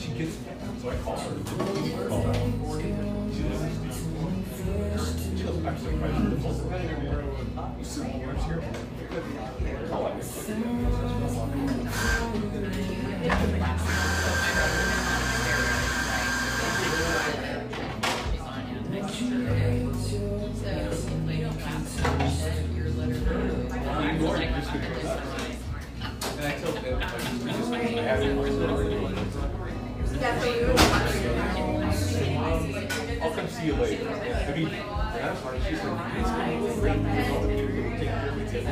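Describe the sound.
Café sounds from a little drip coffee joint, with a steady, dense murmur of overlapping voices throughout. A low hum and thumping underlay runs beneath the chatter, and a bright hissing burst, like a steam wand, rises around 14 to 17 seconds.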